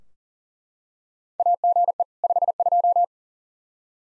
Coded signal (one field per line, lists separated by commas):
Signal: Morse code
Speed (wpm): 37 wpm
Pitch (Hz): 700 Hz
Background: none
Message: AGE 52